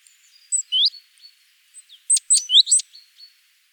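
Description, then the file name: Great tit calls, a rising slurred whistle followed by a quick cluster of sharp high ticks and slurred notes. "Parus major"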